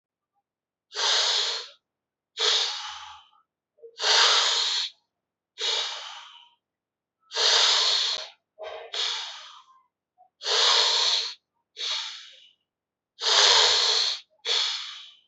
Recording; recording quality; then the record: deep breathing; excellent, no background noise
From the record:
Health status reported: healthy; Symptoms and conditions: none ticked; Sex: male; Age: 30 years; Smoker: not ticked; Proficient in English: yes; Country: India